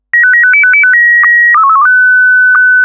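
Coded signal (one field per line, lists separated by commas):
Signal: SSTV (slow-scan television)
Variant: Scottie DX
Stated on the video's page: SSTV Scottie DX mode.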